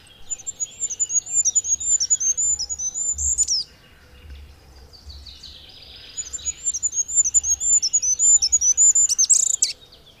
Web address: agykontroll Madardalok Cd 1. Sárgafejű királyka